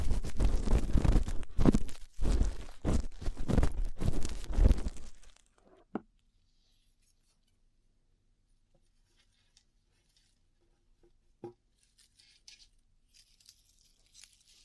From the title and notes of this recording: ASMR Rough Ear Cleaning (No Talking).